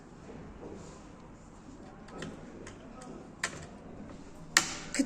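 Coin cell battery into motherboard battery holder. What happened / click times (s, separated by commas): The coin cell battery snapped into its holder / 4.6 s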